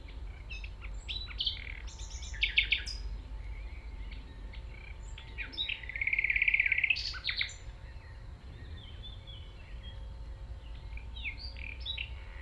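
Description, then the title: Common nightingale song with scattered chirps and a fast rattling trill in the middle, above a steady low hum. Singing in tall grass at Chindrieux, France, approached on foot by the recordist; it is deaf to outside noise while singing. "195 Rue de Vars, 73310 Chindrieux, France - approche d'un rossignol"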